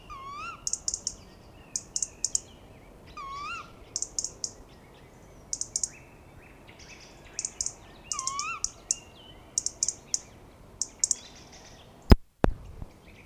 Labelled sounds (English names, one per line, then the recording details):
European Robin call
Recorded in the wild
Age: adult
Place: Kalchreuth, Bayern, DE
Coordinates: 49.5758, 11.1317
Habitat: pond
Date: 1962-04-30
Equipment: Original, Vollspur
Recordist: Tretzel, Erwin